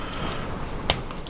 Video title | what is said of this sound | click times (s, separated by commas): Sea Fishing Videos Uk - SETTING YOUR GRIP LEADS | you can hear that click where it clicks in | 0.9 s